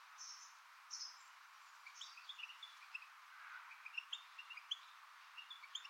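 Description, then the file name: European goldfinch calling faintly, with bright twittering notes scattered irregularly throughout against background hiss. "Carduelis carduelis"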